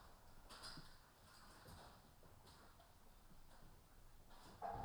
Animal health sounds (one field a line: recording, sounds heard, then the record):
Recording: poultry house recording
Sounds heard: healthy chickens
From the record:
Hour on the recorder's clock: 13